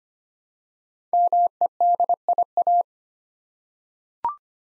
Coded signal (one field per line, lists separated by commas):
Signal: Morse code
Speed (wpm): 25 wpm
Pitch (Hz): 700 Hz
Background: none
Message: MEDIA